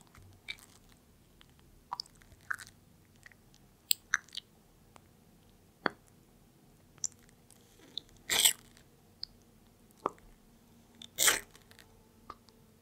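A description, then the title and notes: A pet tortoise eats watermelon, with sparse wet clicks and small bites scattered through the clip. Two louder, longer crunching bites stand out, near 8.5 and 11 seconds. A faint low hum runs steadily underneath. PET TORTOISE EATING CORONAVIRUS WATERMELON.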